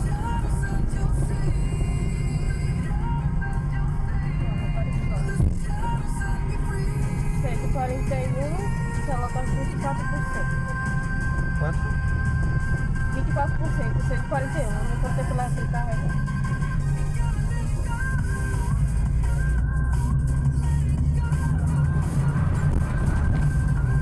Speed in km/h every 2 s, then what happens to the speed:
23, 22, 21, 20, 16, 13, 17, 19, 22, 27, 37, 42.
0-11 slows to 13. 11-24 speeds up to 42.